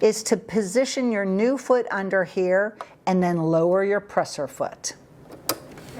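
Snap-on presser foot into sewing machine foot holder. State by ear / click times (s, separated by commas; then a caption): seated / 5.5 s. A snap-on presser foot is positioned under the foot holder of a Janome 3160QDC G sewing machine, and the presser foot lever is lowered so the holder snaps onto the foot's pin while someone talks. A short, sharp snap is heard at 5.5 s. The foot is seated, confirmed by raising the lever afterward.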